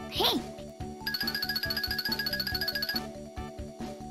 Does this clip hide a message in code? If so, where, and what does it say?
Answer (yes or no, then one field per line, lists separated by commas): no